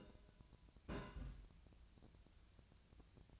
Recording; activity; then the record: daily activity, microphone in the room; place on stove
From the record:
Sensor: 2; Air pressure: 1009.8 hPa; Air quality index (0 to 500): 181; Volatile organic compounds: 10 ppm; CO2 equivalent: 2259 ppm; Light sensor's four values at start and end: 31/77/33/37 and 31/77/33/37